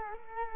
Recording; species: mosquito wingbeat signal from an infrared sensor; Culex quinquefasciatus